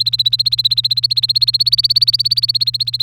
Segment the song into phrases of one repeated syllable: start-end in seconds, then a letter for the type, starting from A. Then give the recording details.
0.00-3.02 A. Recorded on 3 May 2018 at 12:20. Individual llb3